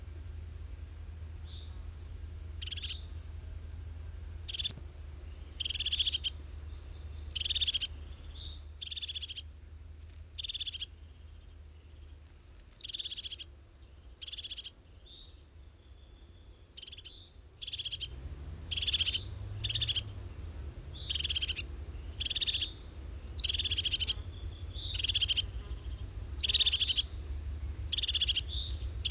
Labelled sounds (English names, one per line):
European Crested Tit